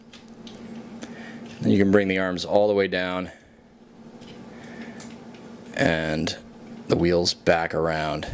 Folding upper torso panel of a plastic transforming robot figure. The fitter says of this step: and then you can see this already coming together on the upper torso you just fold that right down till it clicks